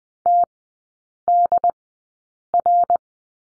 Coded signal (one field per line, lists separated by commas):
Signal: Morse code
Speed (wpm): 20 wpm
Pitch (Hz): 700 Hz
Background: none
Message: TDR